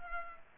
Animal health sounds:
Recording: mosquito wingbeat signal from an infrared sensor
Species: Culex pipiens

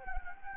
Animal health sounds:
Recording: mosquito wingbeat signal from an infrared sensor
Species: Anopheles gambiae

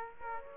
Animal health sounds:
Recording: mosquito wingbeat signal from an infrared sensor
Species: Aedes aegypti

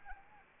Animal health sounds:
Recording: mosquito wingbeat signal from an infrared sensor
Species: Anopheles arabiensis

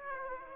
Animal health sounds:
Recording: mosquito wingbeat signal from an infrared sensor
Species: Aedes aegypti

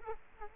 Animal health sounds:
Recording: mosquito wingbeat signal from an infrared sensor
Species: Culex quinquefasciatus

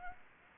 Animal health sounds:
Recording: mosquito wingbeat signal from an infrared sensor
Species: Anopheles gambiae

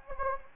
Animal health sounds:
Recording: mosquito wingbeat signal from an infrared sensor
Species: Anopheles gambiae

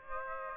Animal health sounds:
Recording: mosquito wingbeat signal from an infrared sensor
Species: Aedes aegypti

